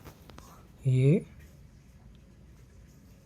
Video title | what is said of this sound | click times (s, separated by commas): Please check out | इसमें टक की आवाज नहीं आई। थोड़ा टाइट होगा शायद। | none